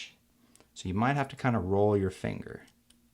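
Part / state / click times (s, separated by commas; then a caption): keycap onto laptop keyboard hinge / not seated / none. Someone talks while a replacement plastic delete keycap rests on the hinge of a 13" MacBook Pro Unibody Core 2 Duo 2.26 GHz laptop keyboard, ready to be pressed and rolled so the clips underneath catch. Only a few faint ticks are heard. Nothing has seated or clicked yet.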